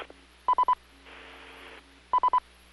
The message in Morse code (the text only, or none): none